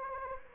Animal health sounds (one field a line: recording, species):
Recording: mosquito wingbeat signal from an infrared sensor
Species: Anopheles gambiae